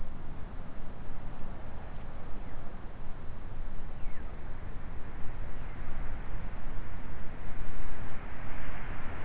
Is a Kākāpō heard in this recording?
no